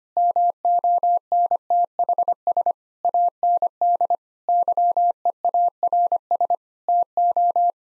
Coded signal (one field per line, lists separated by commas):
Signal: Morse code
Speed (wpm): 25 wpm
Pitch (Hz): 700 Hz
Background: none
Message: MONTHS AND YEARS TO